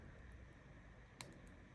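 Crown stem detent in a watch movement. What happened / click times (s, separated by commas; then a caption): A tiny detent clicked into its first position / 1.2 s. A watch crown is pulled out to position one on a crown stem test-fitted in the movement of a Seiko mod Royal Oak homage build, over a steady low background hiss. A single short, sharp click sounds at 1.2 s as the stem detents into first position.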